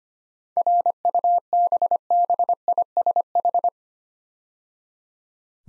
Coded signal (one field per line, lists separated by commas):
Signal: Morse code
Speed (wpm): 25 wpm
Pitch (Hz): 700 Hz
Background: none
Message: RUBBISH